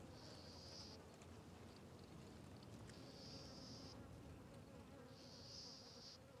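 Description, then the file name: Fly: insects buzz in a constant low hum, overlaid by three bursts of high hissing insect sound, each lasting about a second. Flies circling a tree along a forest trail. "Ambiencia na Trilha do Sertao Zen com Moscas Circudando Arvore"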